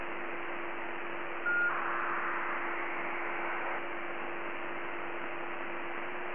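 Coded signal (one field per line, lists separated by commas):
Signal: ACARS aircraft data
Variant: HFDL (HF ACARS)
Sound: brief steady tone, then a two-second hissing data burst over static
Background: radio static, low hum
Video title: HF ACARS USB 5514kHz Molokai Hawaii Asia pacific night time map result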